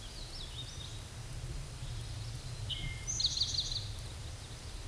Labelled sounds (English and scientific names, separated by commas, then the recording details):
Eastern Towhee (Pipilo erythrophthalmus) song
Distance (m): 25 m
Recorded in a Pennsylvania forest on 17 May 2023 at 12:10
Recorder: AudioMoth, point grid1_19_low
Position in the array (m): 121 m, 214 m